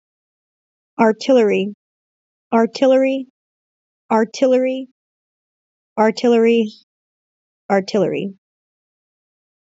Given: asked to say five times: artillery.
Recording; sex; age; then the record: repeated word; female; 20 to 29 years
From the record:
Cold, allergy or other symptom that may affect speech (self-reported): no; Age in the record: 29 years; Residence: California, United States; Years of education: 8